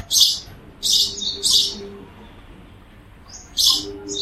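Bird calls: short, harsh, hissy chirps high in pitch, arriving in bursts about every half second to two seconds, over faint low tones.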